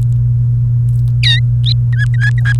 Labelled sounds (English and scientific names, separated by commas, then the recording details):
Domestic Canary (Serinus canaria) song
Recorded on 28 April 2018 at 14:29
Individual llb3